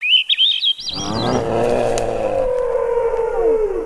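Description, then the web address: Blackfish whistling: a quick, wavering high whistle, then a burst of harmonic tones settling into a long, gently falling whistle with a second downward sweep. "soundswild blackfish"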